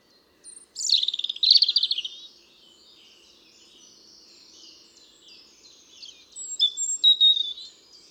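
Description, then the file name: European robin song, a loud burst of rapid, high, jangling notes, a long quieter pause with faint twittering, then another sweet warbled phrase near the end. "Erithacus rubecula"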